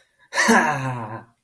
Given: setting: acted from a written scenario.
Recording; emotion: vocal sound without words; ecstasy